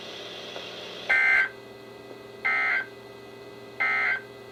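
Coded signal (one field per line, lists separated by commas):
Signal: Emergency Alert System (SAME) tones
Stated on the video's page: Flood warnings received on NOAA Weather Radio.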